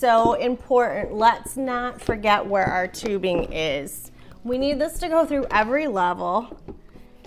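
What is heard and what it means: A plastic level of an iHarvest hydroponic grow tower by iGworks is being handled above the level below, with the tubing routed so it goes through every level. Someone talks throughout, with only faint handling noise underneath. Nothing has seated or clicked yet.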